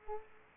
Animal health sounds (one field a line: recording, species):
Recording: mosquito wingbeat signal from an infrared sensor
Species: Aedes aegypti